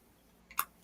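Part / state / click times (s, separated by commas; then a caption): jewelry clasp or hinged part closing into its catch / seated / 0.6 s. A clasp or hinged part of a metal jewelry piece, shown during a live jewelry auction, is pushed closed into its catch. A faint tick at 0.5 s leads into a sharp click at 0.6 s as it pops into place, followed by another light tick near 0.9 s. The piece is seated.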